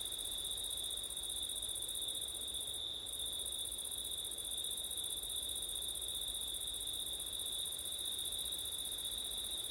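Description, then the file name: Crickets singing a continuous shrill trill on two high pitches, with a momentary gap in the highest one. Crickets on a windy September night, ORTF microphone setup. "crickets wind september night ortif"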